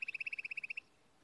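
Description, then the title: Timbrado canary song: a fast, even roll of about a dozen identical pulsed notes lasting under a second, then quiet. Timbrado breed; from a canary song-training video. "Canary Bird Singing - Timbrado training video"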